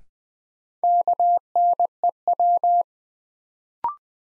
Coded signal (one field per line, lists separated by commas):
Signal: Morse code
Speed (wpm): 21 wpm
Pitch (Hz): 700 Hz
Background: none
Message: KNEW